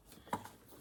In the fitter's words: push it in Click and it's in and it's tight so